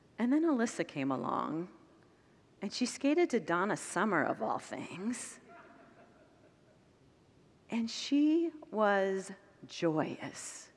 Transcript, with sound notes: And then Alysa came along, and she skated to Donna Summer, of all things. [Congregants laugh] And she was joyous!